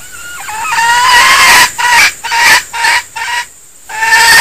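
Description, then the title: Junglefowl calls: loud, harsh cackling in rapid, uneven bursts, with a brief gap before a final note. Female (betina); a denak (decoy) junglefowl. "Suara Ayam Hutan Betina. SUARA DENAK AYAM HUTAN"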